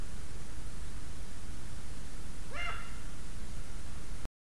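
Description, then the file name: Eurasian eagle-owl uttering a single brief rasping call with a rising start and rich overtones, set against constant hissing background noise. "puchacz zwyczajny Bubo bubo"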